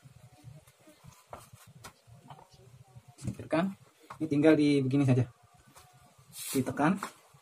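During an upgrade of a Sharp Tiger R8 Long air rifle with Truglo, a fitted brass part is being pressed by hand into the rifle body. Someone talks over faint handling noise, with a few brief taps around 1.3 s and 2.3 s. Nothing has seated or clicked yet.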